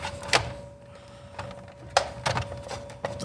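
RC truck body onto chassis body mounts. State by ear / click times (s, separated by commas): seated / 2.0 s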